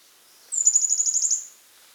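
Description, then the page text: Rusty-flanked treecreeper song, a high-pitched rapid trill of around ten fine notes lasting about one second at a nearly steady pitch, with faint background hiss. "Rusty-Flanked Treecreeper Song Sound Effect. Quick Sounds"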